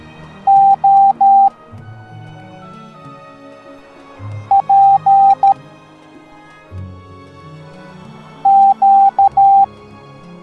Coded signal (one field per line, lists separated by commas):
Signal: Morse code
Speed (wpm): 13 wpm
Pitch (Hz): 790 Hz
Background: music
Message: O P Q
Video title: Kaonashi (No Face) Teaching the Morse Code Alphabet Educational Video for Kids